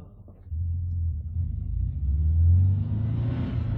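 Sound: car engine driving off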